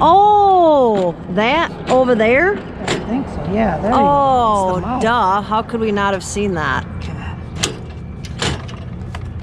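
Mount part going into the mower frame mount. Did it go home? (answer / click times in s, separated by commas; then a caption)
partly / 8.4 s. Someone talks while a mount pin is pushed into the frame mount of a Bobcat Quickcat stand-on mower being refitted. A metallic knock sounds at 8.4 s, but the pin is not fully seated.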